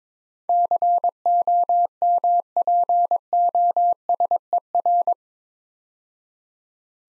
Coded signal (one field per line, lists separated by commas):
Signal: Morse code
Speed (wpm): 22 wpm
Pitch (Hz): 700 Hz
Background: none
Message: COMPOSER